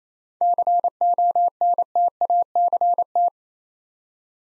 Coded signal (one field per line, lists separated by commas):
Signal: Morse code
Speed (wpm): 29 wpm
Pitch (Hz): 700 Hz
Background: none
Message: CONTACT